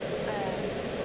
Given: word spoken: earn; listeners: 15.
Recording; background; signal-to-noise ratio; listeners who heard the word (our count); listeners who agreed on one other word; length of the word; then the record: one English word in noise, from a listening test; speech-shaped noise; -6.5 dB; 1 of 15; 10 of 15; 0.65 s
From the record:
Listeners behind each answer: 10, 1, 1, 1, 1, 1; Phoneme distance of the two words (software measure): 10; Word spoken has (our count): 1 syllable, 2 phonemes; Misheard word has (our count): 1 syllable, 2 phonemes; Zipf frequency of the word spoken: 4.36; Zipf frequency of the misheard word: 5.00